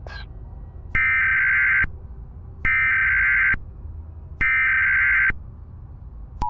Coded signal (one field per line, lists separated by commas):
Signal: Emergency Alert System (SAME) tones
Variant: header bursts